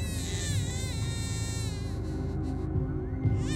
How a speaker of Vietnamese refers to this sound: Thế nhưng đúng lúc này một lần nữa, thằng trưởng bàng hoàng sững lại, bởi vì nó vẫn nghe có tiếng trẻ con khóc vang lên trong đêm.